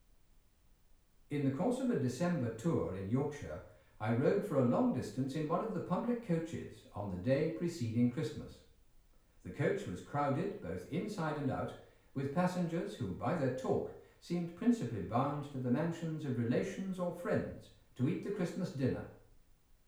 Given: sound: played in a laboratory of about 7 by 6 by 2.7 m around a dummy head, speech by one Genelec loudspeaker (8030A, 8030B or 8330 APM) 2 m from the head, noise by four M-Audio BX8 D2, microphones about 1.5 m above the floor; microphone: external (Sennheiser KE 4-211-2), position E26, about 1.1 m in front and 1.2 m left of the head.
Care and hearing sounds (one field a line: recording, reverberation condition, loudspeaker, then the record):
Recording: male speech in English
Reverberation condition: medium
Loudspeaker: 60 degrees to the right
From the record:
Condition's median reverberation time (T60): about 510 ms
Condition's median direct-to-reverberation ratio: about -0.5 dB